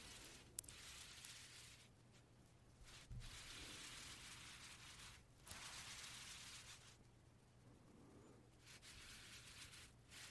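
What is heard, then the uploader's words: Puffing sounds come as long breathy rushes of hiss, each lasting a second or two, broken by short gaps near 2, 3 and 5 seconds and a longer quieter stretch around 7 to 8 seconds. A low steady hum runs underneath, with a few sharp clicks. 말없이 퍼프 소리만, 가득 담아봤어요 puff sound no talking asmr.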